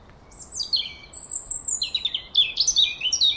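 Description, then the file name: European robin song of bright, high-pitched trills and glassy notes in a dense, tumbling phrase. "Erithacus rubecula"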